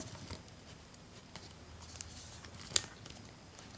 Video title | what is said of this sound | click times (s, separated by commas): Unboxing the Canon EOS M50 Mirrorless Digital Camera with 15-45mm Kit Lens | we heard a click that's | 2.8 s